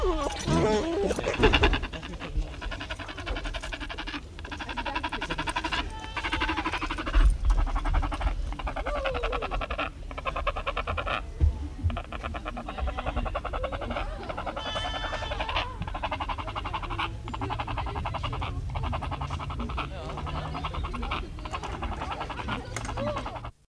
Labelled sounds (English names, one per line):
Marabou Stork call
Lion